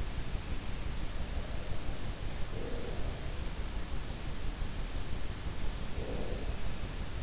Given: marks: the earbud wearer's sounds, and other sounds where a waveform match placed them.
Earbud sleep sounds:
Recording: sounds in sleep by an in-ear microphone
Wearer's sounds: breath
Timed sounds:
2.14-3.51 s: breath
5.58-6.81 s: breath

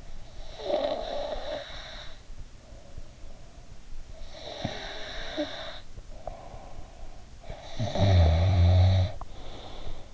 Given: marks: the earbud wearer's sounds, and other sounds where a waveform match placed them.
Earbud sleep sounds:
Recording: sounds in sleep by an in-ear microphone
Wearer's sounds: breath, snoring breath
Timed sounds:
0.00-3.82 s: breath
4.11-7.23 s: breath
7.47-10.14 s: snoring breath

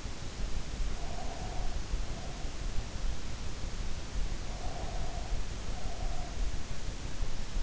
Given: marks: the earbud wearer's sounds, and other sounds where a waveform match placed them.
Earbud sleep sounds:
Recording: sounds in sleep by an in-ear microphone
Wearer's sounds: breath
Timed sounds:
0.93-2.66 s: breath
4.41-6.52 s: breath

